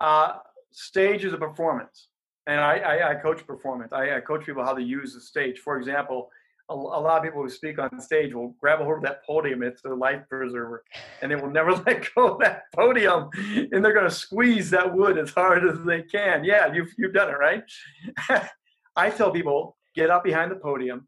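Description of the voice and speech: An adult man speaks in a small room, mostly fluently and at an easy pace, with a few disfluencies: a stretched vowel before his first word, a triple repeat of "I", and a repeated "you've". These mild repetitions and prolongations are stuttering, which he has on stage.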